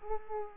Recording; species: mosquito wingbeat signal from an infrared sensor; Culex pipiens